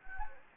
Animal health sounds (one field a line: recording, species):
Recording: mosquito wingbeat signal from an infrared sensor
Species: Anopheles gambiae